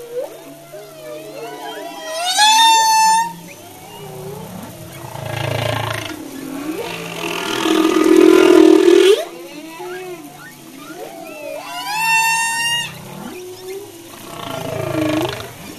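Humpback whale song: high harmonic cries heard twice, wavering moans, low rumbles and a long loud buzzy cry.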